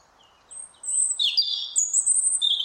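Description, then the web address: European robin song: a very high thin whistle, then a run of warbling notes, another high whistle and a final wavering phrase, over a faint low hum. "Deverinetal 2025 File origin Bird Only Er Ru"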